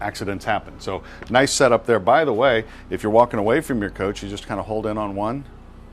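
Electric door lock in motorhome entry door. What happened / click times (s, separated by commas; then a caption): Handled, not yet home: no lock click yet / none. A man talks throughout at the keyless-entry keypad on the entry door of a 2022 Newmar New Aire 3543 motorhome, where holding the lock button drives the door's electric lock actuator to the locked position. The clip ends before the lock clicks, so nothing has seated or clicked yet.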